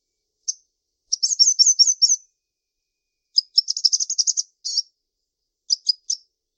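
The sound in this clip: Bird song of high chirps, two bursts of rapid rolling trills each over a second long, followed by a few separate short notes.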